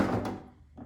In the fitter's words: Nice and easy, you give it a little click.